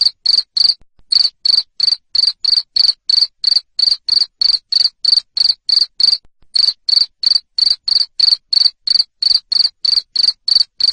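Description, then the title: Cricket producing a long series of loud, rasping chirps at a steady pace, with short breaks early and midway. Loud cricket chirping used to stimulate lovebirds into continuous chattering song. "Suara JANGKRIK NGERIK Keras Bikin LOVEBIRD Jadi NGEKEK Terus Vubey"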